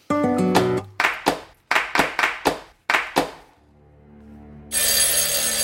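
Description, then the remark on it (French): A telephone rings in a series of sharp, bright metallic bursts, grouped in quick clusters, then falls quiet before a loud steady hiss fills the end. “Le téléphone sonne et vous serez une voix menaçante qui l'appelle.”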